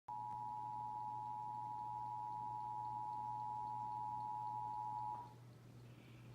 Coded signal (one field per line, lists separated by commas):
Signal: Emergency Alert System (SAME) tones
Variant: 853 and 960 Hz attention tone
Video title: Amber Alert issued for Florida (EAS 1 on TV)